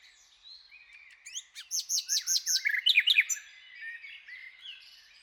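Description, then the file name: Common nightingale song: soft introductory notes build into a loud series of rapid repeated chirps, then varied twittering trailing off. "Luscinia megarhynchos"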